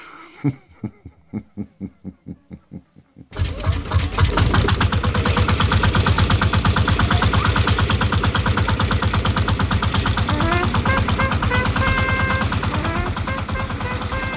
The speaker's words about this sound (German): Im Morgengrauen heizt der Direktor des kleinen Zirkus Monte mit der Lötlampe den uralten Bulldog-Lanz an, den Traktor, der den Tross von Sack und Pack Mensch und Tier wieder hinter sich herschleppen wird, hin zum neuen Standort im Pommerschen.